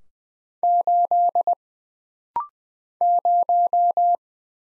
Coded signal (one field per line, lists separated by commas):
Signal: Morse code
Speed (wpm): 20 wpm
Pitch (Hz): 700 Hz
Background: none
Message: 8 0